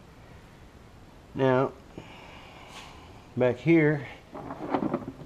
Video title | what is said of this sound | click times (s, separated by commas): Honda Pioneer 1000 Air Filter Check/Change guide | again with the nail you see that little click in there like that | 4.7 s, 4.9 s